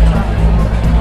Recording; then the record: background sound without coughing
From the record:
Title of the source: Party Noise 1 Hour Party Ambience